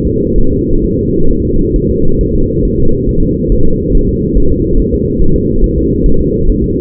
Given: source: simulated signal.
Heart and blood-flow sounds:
fetal heart sounds
0.07 s: S2
0.38 s: S1
0.53 s: S2
0.84 s: S1
0.99 s: S2
1.31 s: S1
1.45 s: S2
1.76 s: S1
1.91 s: S2
2.21 s: S1
2.35 s: S2
2.65 s: S1
2.80 s: S2
3.09 s: S1
3.23 s: S2
3.52 s: S1
3.66 s: S2
3.95 s: S1
4.09 s: S2
4.37 s: S1
4.52 s: S2
4.79 s: S1
4.94 s: S2
5.22 s: S1
5.36 s: S2
5.64 s: S1
5.78 s: S2
6.06 s: S1
6.21 s: S2
6.49 s: S1
6.64 s: S2
From the record:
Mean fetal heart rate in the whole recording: 135 bpm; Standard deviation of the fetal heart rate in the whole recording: 3 bpm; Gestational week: 36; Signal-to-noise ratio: -19.1 dB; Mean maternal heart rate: 72 bpm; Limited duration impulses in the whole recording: present

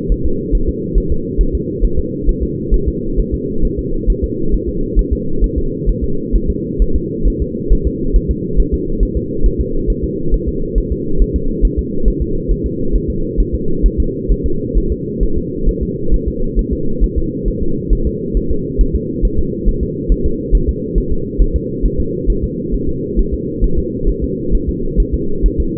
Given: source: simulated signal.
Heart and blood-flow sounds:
fetal heart sounds
0.12 s: S1
0.26 s: S2
0.55 s: S1
0.69 s: S2
0.98 s: S1
1.12 s: S2
1.41 s: S1
1.55 s: S2
1.84 s: S1
1.99 s: S2
2.29 s: S1
2.43 s: S2
2.74 s: S1
2.88 s: S2
3.19 s: S1
3.34 s: S2
3.65 s: S1
3.79 s: S2
4.10 s: S1
4.24 s: S2
4.54 s: S1
4.69 s: S2
4.99 s: S1
5.13 s: S2
5.44 s: S1
5.58 s: S2
5.89 s: S1
6.04 s: S2
6.36 s: S1
6.50 s: S2
6.82 s: S1
6.96 s: S2
7.28 s: S1
7.42 s: S2
7.72 s: S1
7.87 s: S2
8.16 s: S1
8.31 s: S2
8.60 s: S1
8.74 s: S2
9.03 s: S1
9.17 s: S2
9.46 s: S1
9.60 s: S2
9.90 s: S1
10.04 s: S2
10.34 s: S1
10.48 s: S2
10.78 s: S1
10.92 s: S2
11.22 s: S1
11.36 s: S2
11.65 s: S1
11.79 s: S2
12.08 s: S1
12.22 s: S2
12.52 s: S1
12.66 s: S2
12.96 s: S1
13.10 s: S2
13.40 s: S1
13.55 s: S2
13.86 s: S1
14.00 s: S2
14.32 s: S1
14.46 s: S2
14.78 s: S1
14.92 s: S2
15.23 s: S1
15.38 s: S2
15.69 s: S1
15.83 s: S2
16.14 s: S1
16.28 s: S2
16.59 s: S1
16.73 s: S2
17.04 s: S1
17.18 s: S2
17.48 s: S1
17.62 s: S2
17.93 s: S1
18.07 s: S2
18.37 s: S1
18.51 s: S2
18.81 s: S1
18.96 s: S2
19.25 s: S1
19.39 s: S2
19.69 s: S1
19.83 s: S2
20.12 s: S1
20.26 s: S2
20.55 s: S1
20.69 s: S2
20.98 s: S1
21.12 s: S2
21.42 s: S1
21.56 s: S2
21.85 s: S1
22.00 s: S2
22.30 s: S1
22.44 s: S2
22.74 s: S1
22.89 s: S2
23.19 s: S1
23.34 s: S2
23.64 s: S1
23.79 s: S2
24.09 s: S1
24.24 s: S2
24.55 s: S1
24.69 s: S2
25.00 s: S1
25.14 s: S2
25.46 s: S1
25.60 s: S2
From the record:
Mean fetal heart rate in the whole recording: 135 bpm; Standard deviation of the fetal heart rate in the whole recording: 3 bpm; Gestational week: 36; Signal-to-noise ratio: -8.1 dB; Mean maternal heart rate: 72 bpm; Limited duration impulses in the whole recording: absent

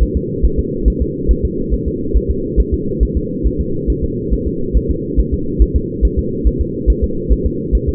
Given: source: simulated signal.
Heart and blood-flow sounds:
fetal heart sounds
0.03 s: S1
0.17 s: S2
0.45 s: S1
0.59 s: S2
0.88 s: S1
1.02 s: S2
1.31 s: S1
1.45 s: S2
1.74 s: S1
1.88 s: S2
2.17 s: S1
2.31 s: S2
2.60 s: S1
2.74 s: S2
3.03 s: S1
3.17 s: S2
3.47 s: S1
3.61 s: S2
3.90 s: S1
4.04 s: S2
4.34 s: S1
4.48 s: S2
4.77 s: S1
4.91 s: S2
5.20 s: S1
5.34 s: S2
5.62 s: S1
5.76 s: S2
6.05 s: S1
6.19 s: S2
6.47 s: S1
6.61 s: S2
6.90 s: S1
7.04 s: S2
7.32 s: S1
7.46 s: S2
7.75 s: S1
7.89 s: S2
From the record:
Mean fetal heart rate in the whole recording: 140 bpm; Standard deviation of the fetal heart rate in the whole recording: 2 bpm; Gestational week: 34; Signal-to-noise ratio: -6.6 dB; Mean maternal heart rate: 72 bpm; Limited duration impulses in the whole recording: present

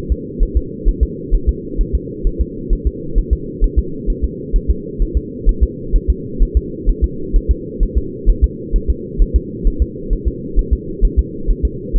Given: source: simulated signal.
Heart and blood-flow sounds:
fetal heart sounds
0.12 s: S2
0.43 s: S1
0.57 s: S2
0.88 s: S1
1.03 s: S2
1.35 s: S1
1.49 s: S2
1.81 s: S1
1.95 s: S2
2.27 s: S1
2.41 s: S2
2.73 s: S1
2.87 s: S2
3.18 s: S1
3.33 s: S2
3.64 s: S1
3.79 s: S2
4.10 s: S1
4.24 s: S2
4.56 s: S1
4.70 s: S2
5.02 s: S1
5.17 s: S2
5.49 s: S1
5.63 s: S2
5.96 s: S1
6.10 s: S2
6.42 s: S1
6.57 s: S2
6.89 s: S1
7.04 s: S2
7.36 s: S1
7.51 s: S2
7.83 s: S1
7.97 s: S2
8.30 s: S1
8.44 s: S2
8.76 s: S1
8.90 s: S2
9.22 s: S1
9.36 s: S2
9.67 s: S1
9.82 s: S2
10.13 s: S1
10.28 s: S2
10.59 s: S1
10.73 s: S2
11.05 s: S1
11.19 s: S2
11.50 s: S1
11.65 s: S2
11.96 s: S1
From the record:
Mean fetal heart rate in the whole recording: 130 bpm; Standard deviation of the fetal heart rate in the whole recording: 2 bpm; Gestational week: 38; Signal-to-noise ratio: -4.3 dB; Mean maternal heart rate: 72 bpm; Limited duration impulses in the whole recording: absent

